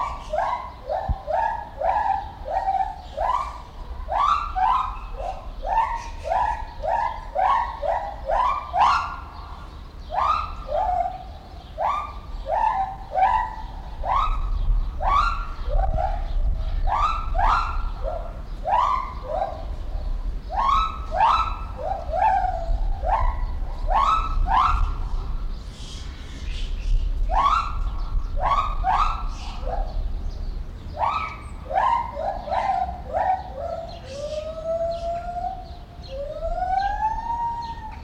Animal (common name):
Lar Gibbon